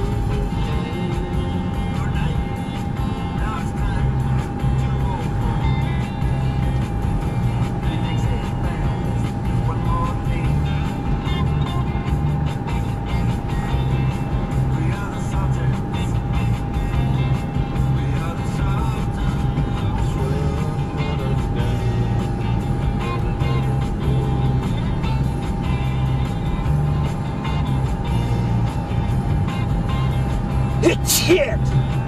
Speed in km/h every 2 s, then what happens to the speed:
92, 93, 97, 98, 97, 95, 95, 95, 95, 95, 97, 97, 93, 95, 95, 97.
0-5 speeds up to 98. 5-32 steady at about 95.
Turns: none.